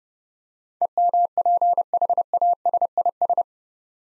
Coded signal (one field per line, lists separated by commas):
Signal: Morse code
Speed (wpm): 30 wpm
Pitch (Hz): 700 Hz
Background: none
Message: EMPHASIS